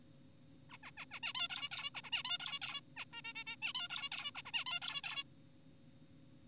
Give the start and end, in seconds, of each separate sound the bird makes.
0.70-0.78, 0.84-0.91, 0.98-1.06, 1.11-1.20, 1.23-1.33, 1.35-1.48, 1.50-1.69, 1.72-1.90, 1.95-2.02, 2.04-2.10, 2.12-2.23, 2.25-2.38, 2.40-2.60, 2.62-2.81, 2.97-3.05, 3.13-3.22, 3.25-3.33, 3.36-3.44, 3.47-3.56, 3.62-3.73, 3.75-3.88, 3.90-4.10, 4.12-4.32, 4.35-4.42, 4.46-4.52, 4.54-4.64, 4.66-4.80, 4.82-5.02, 5.04-5.24